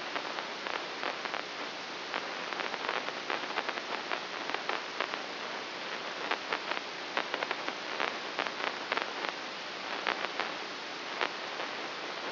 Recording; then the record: brain microelectrode recording played as sound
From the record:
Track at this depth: inside the subthalamic nucleus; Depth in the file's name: 0.606 mm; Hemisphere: right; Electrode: 3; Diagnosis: Parkinson's disease